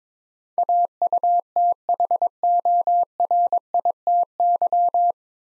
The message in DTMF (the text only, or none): none